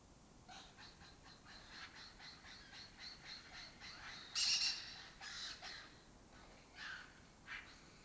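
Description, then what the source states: Lesser kestrel calls, many harsh raspy notes in a busy chatter, with one louder grating burst midway and a few sharper calls near the end. Breeding colony occupying an abandoned building complex in Doñana, southern Europe; migratory birds that forage in West Africa and breed in southern Europe.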